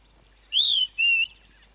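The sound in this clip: Flappet lark giving a pair of thin, high whistled notes, the first arched and longer, the second level and brief, over faint background hiss.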